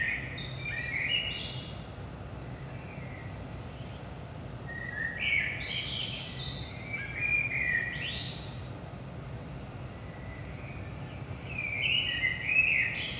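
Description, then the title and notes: Common blackbird sings several rich, flute-like phrases, each closing with a high scratchy flourish, spaced a few seconds apart over a constant low background hum. Recorded at 5 am in early morning in Saint-Gilles, Belgium; DPA 4060 microphones in AB position into a Zoom F3 recorder. "Saint-Gilles, Belgique - 5am Blackbird. Blackbird in the morning. Merle au petit matin"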